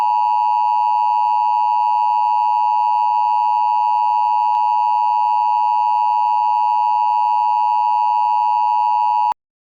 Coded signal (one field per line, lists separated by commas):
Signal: Emergency Alert System (SAME) tones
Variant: 853 and 960 Hz attention tone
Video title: EAS: Chuck Norris Alert, USA & Canada (2016)